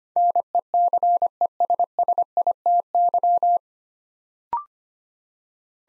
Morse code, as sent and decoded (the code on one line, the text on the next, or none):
-. . -.-. . ... ... .. - -.--
NECESSITY